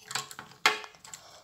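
A plastic part of a transforming robot toy is put back onto the robot body and clipped into place. Soft taps and clicks of plastic handling come before a sharp snap at 0.7 s, which is followed by a few fainter ticks. The part is seated.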